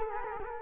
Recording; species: mosquito wingbeat signal from an infrared sensor; Culex quinquefasciatus